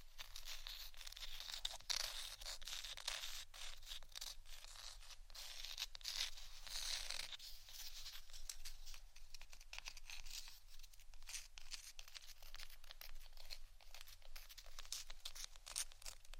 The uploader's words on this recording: ASMR Intense Scratching. (No Talking).